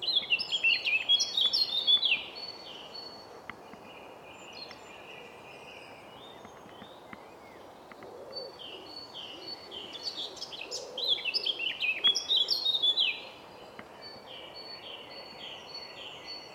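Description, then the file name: Eurasian blackcap song: two bursts of fast, varied warbling phrases, the first at the start and another around ten seconds in, with soft low notes faintly behind. "Sylvia atricapilla"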